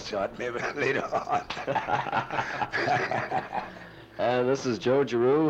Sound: laughing